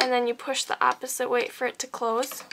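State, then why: Not seated. Someone talks while handling the plastic side cover of an ATG (advanced tape glider) glue gun, sliding it back into the gun's body and pushing it the opposite way to close it. Nothing has seated or clicked yet; the clip ends just before the cover clicks shut.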